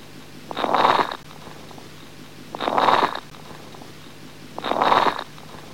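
Three breath sounds, heard through a stethoscope over an adult's lungs, come at a fast rate of about 28 a minute. Each carries a bubbling, popping roughness over quiet pauses. These are coarse crackles (rales), a sign of fluid or secretions in the larger airways.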